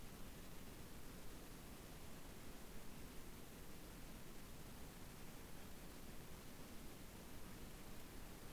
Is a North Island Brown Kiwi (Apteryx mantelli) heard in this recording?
no